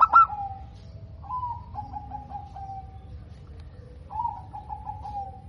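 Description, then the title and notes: Zebra dove trilled coos, fairly soft: one sharp note at the start, then several short purring trills repeated at intervals over a low background hum. Local perkutut (zebra dove), singing vigorously (gacor), with a clear, crystal-like, loud voice. "PERKUTUT LOKAL GACOR Suara KRISTAL LANTANG. Kicau Burung Perkutut"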